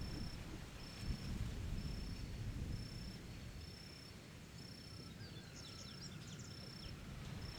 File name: Ventando nas arvores em ambiente rural com ranger de madeira, galo cantando, grilo e pessoas